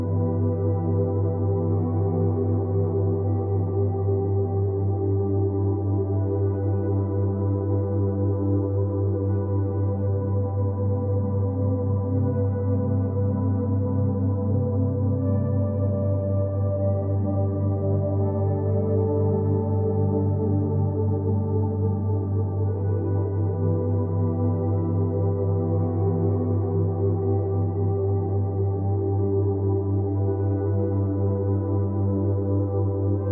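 Binaural beat ambient music plays as a steady, unchanging drone, dominated by a deep, constant low tone with layered sustained tones above it. Nothing rises above the mid range, and the level stays even throughout with no distinct events.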